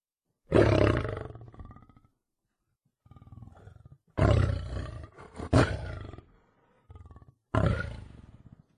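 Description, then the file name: Lion giving deep, rasping roars with growling between them, four strong bursts over several seconds. "lev rev"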